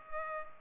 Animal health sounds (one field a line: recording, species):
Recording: mosquito wingbeat signal from an infrared sensor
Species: Culex pipiens